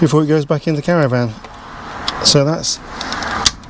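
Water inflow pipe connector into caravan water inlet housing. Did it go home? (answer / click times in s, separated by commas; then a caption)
yes / 3.5 s. Someone talks, then a plastic water inflow pipe connector is pushed into a new plastic Truma caravan water inlet housing, with a sharp click at 3.5 s. The connector seats easily into the housing.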